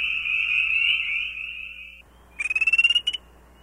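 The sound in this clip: Spring peeper calling, a sustained shrill ringing that stops abruptly, then one shorter rising pulsed call after a short pause.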